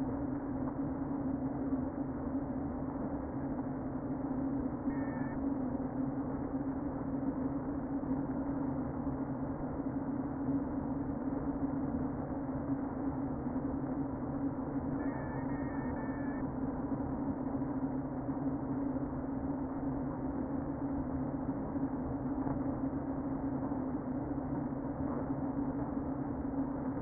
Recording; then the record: honeybee colony, microphone inside the hive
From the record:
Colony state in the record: queen present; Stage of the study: before two queens were removed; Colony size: about 60,000 bees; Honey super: yes